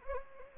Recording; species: mosquito wingbeat signal from an infrared sensor; Anopheles gambiae